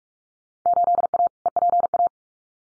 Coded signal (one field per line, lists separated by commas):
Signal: Morse code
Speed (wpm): 44 wpm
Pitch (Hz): 700 Hz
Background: none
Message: 8A EPA